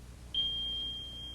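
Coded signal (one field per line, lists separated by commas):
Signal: alarm pattern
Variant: AT&T 9000 security system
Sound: a steady high-pitched tone starting abruptly and holding for over a second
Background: low background hum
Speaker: the smoke alarm sounds like this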